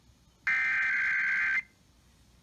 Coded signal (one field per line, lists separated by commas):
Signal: Emergency Alert System (SAME) tones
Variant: header bursts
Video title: KWIZ 96.7 Required Weekly Test (EAS #3471) 3/29/21